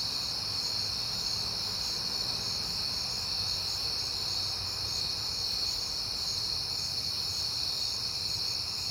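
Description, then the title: Crickets chirping in a steady, continuous high-pitched chorus, a dense shimmering trill with faint pulsing, over a low rumble of noise. Crickets recorded on a peaceful night in September. "Night Time: Crickets and Passing Cars"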